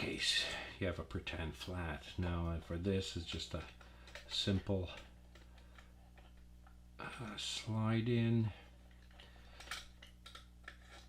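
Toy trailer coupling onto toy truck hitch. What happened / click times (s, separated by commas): Plastic parts handled, not yet seated / none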